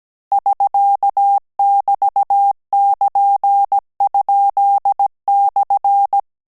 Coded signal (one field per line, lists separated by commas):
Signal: Morse code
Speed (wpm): 17 wpm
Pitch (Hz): 800 Hz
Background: none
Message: <SK><BT><KN>?/